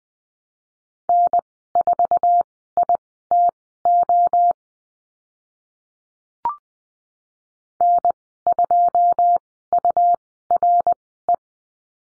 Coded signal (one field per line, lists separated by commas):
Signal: Morse code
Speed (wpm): 20 wpm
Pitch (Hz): 700 Hz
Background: none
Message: N4ITO N2URE